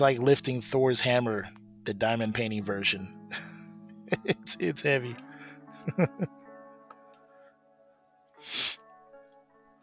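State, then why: Not seated. Resin drills are being handled for pressing into a diamond painting canvas while someone talks over background music, with a brief breathy burst near the end. Nothing has seated or clicked into place yet.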